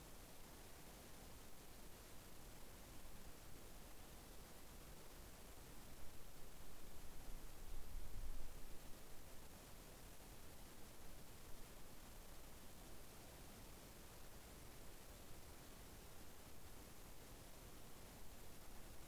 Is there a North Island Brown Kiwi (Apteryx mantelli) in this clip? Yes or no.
no